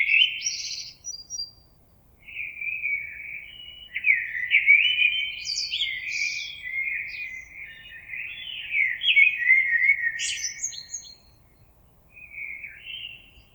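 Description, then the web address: Common blackbird with a long run of flowing, whistled song phrases laced with squeaky high notes, then a quieter closing phrase. Recorded on 26 April 2022. "oiseaux Merle 2022 04 26"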